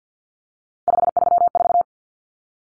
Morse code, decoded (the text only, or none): 534